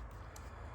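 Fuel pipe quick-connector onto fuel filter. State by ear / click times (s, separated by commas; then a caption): seated / 0.4 s. A plastic fuel pipe quick-connector is pushed onto the lip of the fuel filter on a Mercedes C220 during a fuel filter replacement. A short, sharp click sounds at 0.4 s over a steady low rumble. The connector clicks in and is seated.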